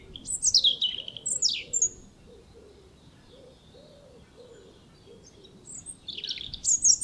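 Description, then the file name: European robin delivering high, sweet descending phrases over a soft, low cooing that repeats steadily in the background, then a final burst of shrill notes. "Erithacus rubecula"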